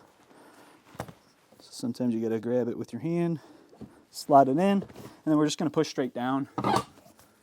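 The upholstered backrest of a Thomas Payne Heritage dual reclining RV loveseat in a 2017 Jayco Eagle fifth wheel is handled, to be slid into the metal brackets on the seat base and pushed straight down. Someone talks throughout, with brief sharp taps near 1.0 and 1.1 seconds and a faint one near 7.2 seconds. The backrest has not yet seated or clicked into place.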